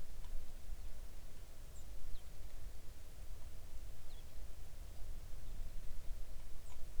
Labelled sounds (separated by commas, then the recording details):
songbird, rain
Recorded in the Arctic National Wildlife Refuge, Alaska, on 3 August 2019 at 06:01
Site 41